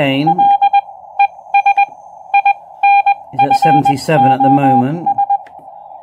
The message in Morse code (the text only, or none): LES INFOS